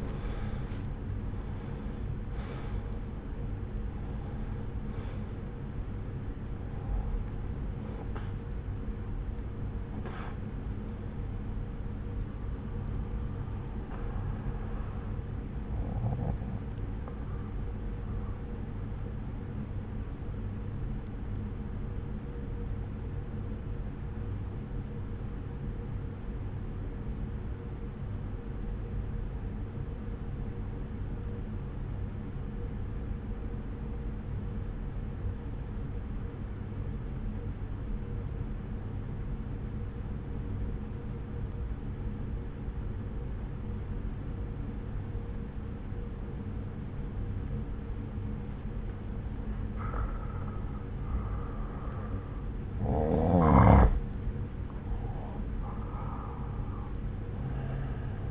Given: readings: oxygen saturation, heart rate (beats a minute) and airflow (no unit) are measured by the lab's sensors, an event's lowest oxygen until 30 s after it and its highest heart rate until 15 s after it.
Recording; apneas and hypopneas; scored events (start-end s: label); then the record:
breathing in sleep by a smartphone at the bedside; 1
21.00-51.00 s: new sleep stage, N2 (light sleep)
25.00-51.30 s: obstructive apnea (N2, oxygen 96% highest, then 88% lowest)
51.00-58.31 s: new sleep stage, N1 (lightest sleep)
From the record:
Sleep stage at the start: N1 (lightest sleep); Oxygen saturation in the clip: 86 to 96%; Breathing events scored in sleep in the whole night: 303 in 8.1 hours asleep